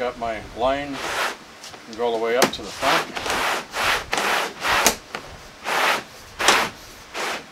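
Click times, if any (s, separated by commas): none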